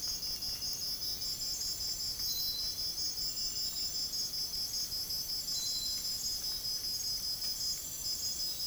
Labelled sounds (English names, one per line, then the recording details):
none
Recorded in dense forest near Puerto Asís, Putumayo, Colombia, on 23 June 2025 at 05:00
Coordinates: 0.503, -76.323
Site G059